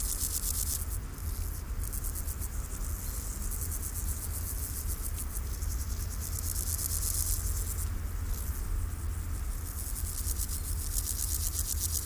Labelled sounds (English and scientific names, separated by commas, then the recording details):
Meadow Grasshopper (Chorthippus parallelus) stridulation
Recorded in the wild
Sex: male
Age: imago
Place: Hakenfelde, Spandauer Forst, Berlin, DE
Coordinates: 52.58, 13.17
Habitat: Waldwiese
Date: 1997-08-09 15:57
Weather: ca. 28°C, heiter
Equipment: Sony MD-WM MZ-R3, Sennheiser MKH 416 T, Kopie Uher 4000 Report Monitor
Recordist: Tembrock, Günter